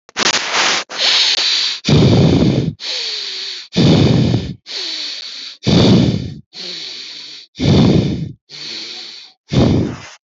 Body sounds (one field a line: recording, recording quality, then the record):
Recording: shallow breathing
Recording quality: moderate, slight background noise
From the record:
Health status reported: healthy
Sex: male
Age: 25 years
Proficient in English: yes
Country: India